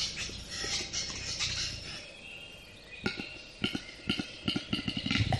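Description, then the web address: Western capercaillie display: sharp clicks begin at about three seconds and come faster and faster, with bright songbird notes behind them. Recorded close by. "ptitsa gluhar blizko"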